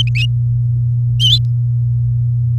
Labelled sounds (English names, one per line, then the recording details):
Domestic Canary song
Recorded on 4 May 2018 at 09:31
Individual llb16